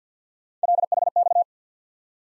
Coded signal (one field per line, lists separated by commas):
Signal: Morse code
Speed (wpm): 49 wpm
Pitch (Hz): 700 Hz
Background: none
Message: LHX